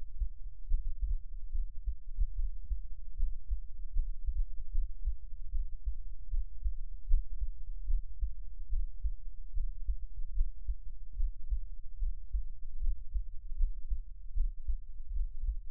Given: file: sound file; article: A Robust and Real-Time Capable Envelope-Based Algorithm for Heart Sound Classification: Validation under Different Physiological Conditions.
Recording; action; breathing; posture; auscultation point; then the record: heart sounds by electronic stethoscope; rest; normal; lying on left side; Erb’s point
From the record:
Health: healthy, no known heart disease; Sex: male